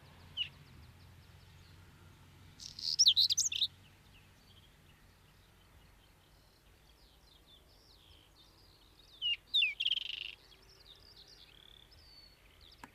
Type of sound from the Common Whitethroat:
song